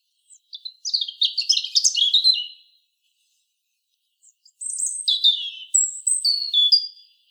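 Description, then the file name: European robin song in two bursts: a jumbled cascade of high twittering notes, a pause, then a clearer phrase of sweet, piercing whistles. "Erithacus rubecula"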